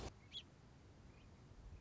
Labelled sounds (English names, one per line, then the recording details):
Song Sparrow
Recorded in Sonoma County, California